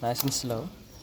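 A motorcycle ignition coil with a plastic coil boot and a little RTV silicone added is being pushed slowly down into the plug well onto the spark plug in a Yamaha Super Tenere cylinder head. Someone talks briefly over quiet background noise. Nothing has seated or clicked yet.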